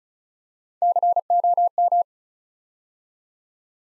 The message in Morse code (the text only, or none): COM